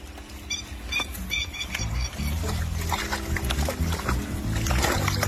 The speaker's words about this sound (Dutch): Dit zijn twee vogelbekdieren die verwikkeld zijn in een heftig gevecht. Een bijzonder tafereel dat toevallig werd gespot door een natuurliefhebber op het Australische eiland Tasmanië.